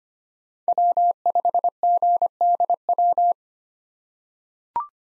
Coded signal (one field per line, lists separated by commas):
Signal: Morse code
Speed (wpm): 25 wpm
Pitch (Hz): 700 Hz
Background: none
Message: W5GDW